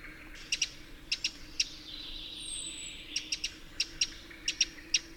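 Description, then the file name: Eurasian wren producing crisp tick notes in pairs and small bursts, with a pause midway; a faint high whistle and steady background hum underneath. "Troglodytes troglodytes"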